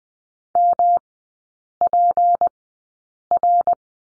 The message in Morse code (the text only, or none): MPR